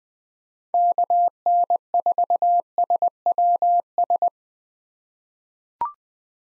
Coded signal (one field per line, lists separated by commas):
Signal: Morse code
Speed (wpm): 20 wpm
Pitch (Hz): 700 Hz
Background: none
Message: KN4SWS